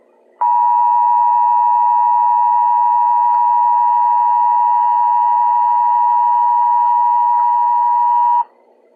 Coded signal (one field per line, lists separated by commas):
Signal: Emergency Alert System (SAME) tones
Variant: 853 and 960 Hz attention tone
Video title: EAS